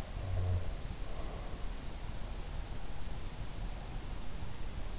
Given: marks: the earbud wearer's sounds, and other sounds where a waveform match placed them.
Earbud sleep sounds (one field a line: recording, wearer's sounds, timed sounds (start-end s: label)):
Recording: sounds in sleep by an in-ear microphone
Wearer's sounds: snoring breath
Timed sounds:
0.02-1.61 s: snoring breath